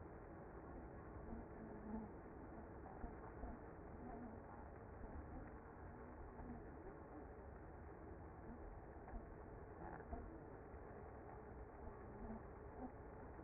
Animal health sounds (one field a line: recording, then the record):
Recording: honeybee colony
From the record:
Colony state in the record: active